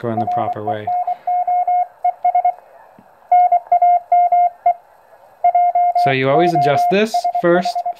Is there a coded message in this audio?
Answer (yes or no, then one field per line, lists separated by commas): yes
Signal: Morse code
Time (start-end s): 0.2-7.9 s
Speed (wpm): 22 wpm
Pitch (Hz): 710 Hz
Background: speech, radio noise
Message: RE NOES NAME JOSH